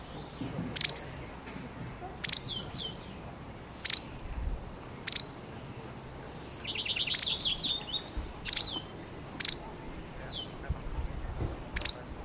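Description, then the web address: Bird chirps, sharp and high, repeated roughly every one to one and a half seconds, with a brief buzzy trill in the middle over faint low rumble. "Bird Only"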